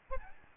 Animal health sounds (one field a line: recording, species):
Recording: mosquito wingbeat signal from an infrared sensor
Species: Aedes albopictus